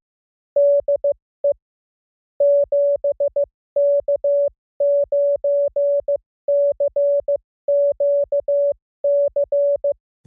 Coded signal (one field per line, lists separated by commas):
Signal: Morse code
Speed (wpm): 15 wpm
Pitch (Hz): 570 Hz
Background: music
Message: DE 7K9CQC